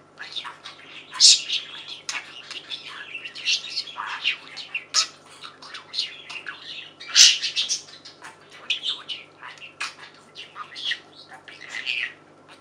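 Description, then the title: Budgerigars chattering continuously, overlapping warbles, chirps and buzzy notes with a few sharper squawks standing out. "Budgie Sounds"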